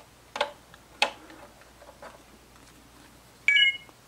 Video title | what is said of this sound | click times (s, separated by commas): iPhone 5 Lightning Adapter Review | you heard it click | 1.0 s